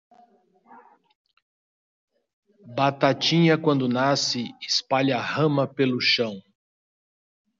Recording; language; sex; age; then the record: short text; Brazilian Portuguese; male; 60 to 69 years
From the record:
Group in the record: control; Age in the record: 60 years